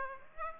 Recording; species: mosquito wingbeat signal from an infrared sensor; Aedes aegypti